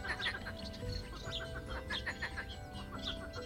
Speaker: These are the marsh frogs out looking for love at the bottom of Cadborough Cliffs a few weeks ago.